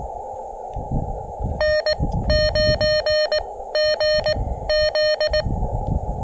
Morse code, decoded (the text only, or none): N9GZ